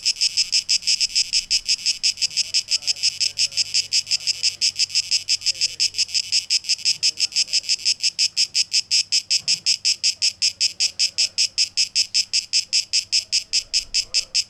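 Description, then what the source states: Cicada song of shrill, rapidly pulsed buzzing, holding steady throughout. Cicadas recorded on 12 August 2023, tape echo mix.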